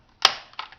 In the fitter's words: push it under and then push back here and you should hear a snap